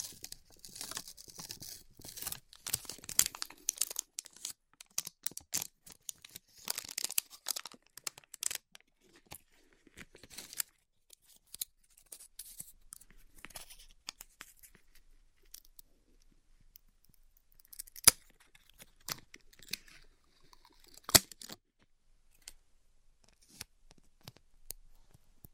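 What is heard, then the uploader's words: A bandage is peeled and ripped away, with dense crackling tearing and crinkling in the first ten seconds. After that the sound thins to scattered soft rustles, broken by two sharp snapping clicks near eighteen and twenty-one seconds. ASMR Ripping Off the Band Aid (No Talking).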